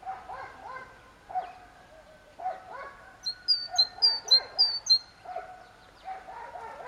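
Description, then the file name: Great tit calls: a quick run of several sharp, high, clipped notes lasting about two seconds, set against lower, harsh, repeated calls from another animal. "Parus major"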